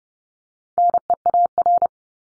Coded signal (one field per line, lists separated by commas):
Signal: Morse code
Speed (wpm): 30 wpm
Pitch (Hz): 700 Hz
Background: none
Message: NEAR